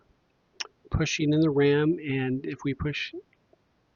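A DDR4 memory stick is pushed firmly into a motherboard DIMM slot with locking levers, and a sharp click is heard at 0.6 s. Someone talks through the rest of the clip. The stick snaps into the slot and seats as the locking levers close.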